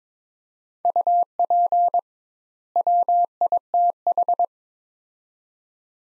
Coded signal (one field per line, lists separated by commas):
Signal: Morse code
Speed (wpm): 22 wpm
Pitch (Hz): 700 Hz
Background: none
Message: UP WITH